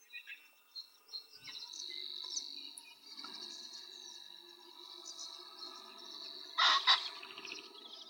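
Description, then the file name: Common pheasant letting out a harsh, abrupt double call near the end, over a continuous high-pitched whine and scattered songbird notes. Weinviertel, Austria. "Fasan Phasianus colchicus A-Weinviertel"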